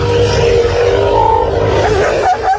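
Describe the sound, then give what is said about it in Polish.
Loud elephant greeting calls toward a male elephant in musth: a deep, continuous rumbling roar with a rising, trumpet-like tonal wail above it, sustained for nearly three seconds before briefly faltering near the end. “Ale kiedy samiec jest na przykład w muście, to te powitania są takie bardzo głośne.”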